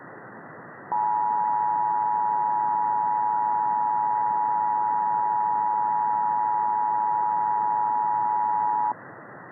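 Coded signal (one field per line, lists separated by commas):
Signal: Emergency Alert System (SAME) tones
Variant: 853 and 960 Hz attention tone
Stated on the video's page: Fictional EAS scenario about power plant issues, made with valid SAME tones.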